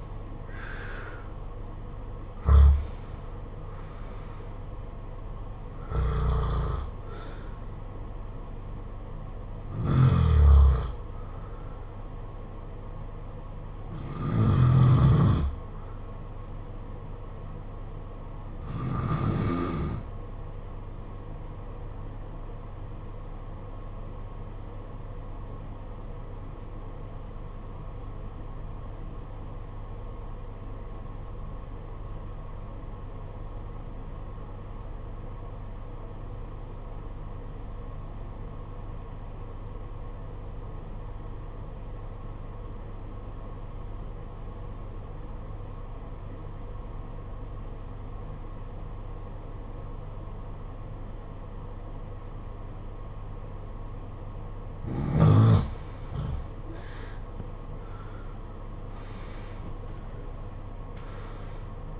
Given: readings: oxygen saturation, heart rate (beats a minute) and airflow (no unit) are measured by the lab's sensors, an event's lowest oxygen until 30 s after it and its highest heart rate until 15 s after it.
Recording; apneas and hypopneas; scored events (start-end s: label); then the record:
breathing in sleep by a smartphone at the bedside; 1
24.00-56.20 s: obstructive apnea (REM, oxygen 95% highest, then 75% lowest, heart rate 53 at the start, 78 highest)
From the record:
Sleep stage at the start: REM sleep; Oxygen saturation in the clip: 75 to 95%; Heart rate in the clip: 52 to 78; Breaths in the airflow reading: 9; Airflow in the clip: -15.9 to 16.6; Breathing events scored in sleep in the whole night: 476 in 9.7 hours asleep